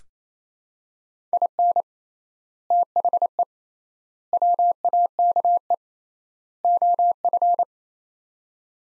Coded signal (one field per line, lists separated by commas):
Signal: Morse code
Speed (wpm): 27 wpm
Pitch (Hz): 700 Hz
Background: none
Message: IN THE WAKE OF